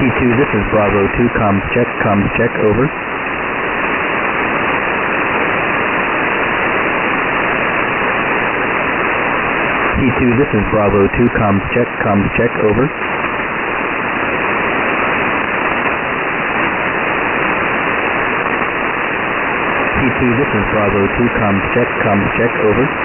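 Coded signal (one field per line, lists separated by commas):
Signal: coded military voice message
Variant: English, looped comms check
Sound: a male voice repeating a short radio comms check three times amid steady static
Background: radio static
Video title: Oddity Station, Unknown, 19445 kHz, USB Mode, September 27, 2013, 2318 UTC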